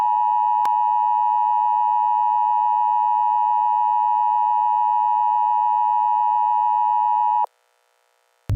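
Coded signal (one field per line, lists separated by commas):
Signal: Emergency Alert System (SAME) tones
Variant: 853 and 960 Hz attention tone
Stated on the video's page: Simulated EAS scenario set in Counter Strike: Global Offensive.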